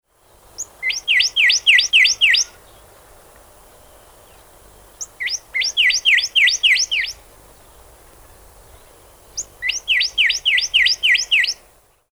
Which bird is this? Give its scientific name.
Cardinalis cardinalis